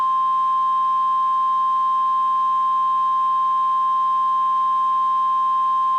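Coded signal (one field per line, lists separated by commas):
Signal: Emergency Alert System (SAME) tones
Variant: 1050 Hz attention tone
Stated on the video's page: Fictional EAS scenario.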